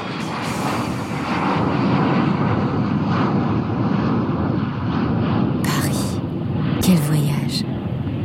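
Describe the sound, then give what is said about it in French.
A propeller airplane on a flight via Iceland drones in a steady, dense low rumble that holds throughout, with a couple of brief hissy bursts breaking through near the end. “Nous sommes passés par l'Islande avec un avion à hélice.”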